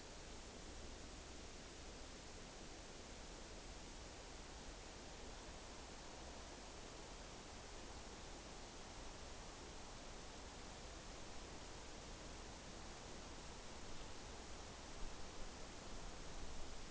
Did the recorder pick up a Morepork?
no